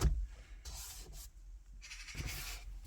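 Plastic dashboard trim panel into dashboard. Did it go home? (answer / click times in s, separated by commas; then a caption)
no / none. A plastic dashboard trim panel is handled over the screen in a 2016–2019 Fiat 124 Spider or Mazda dashboard, ready to be clicked back into place. A short bump at 0.0 s is followed by soft rubbing and scraping of plastic, with a low rumble underneath. Nothing has seated or clicked yet.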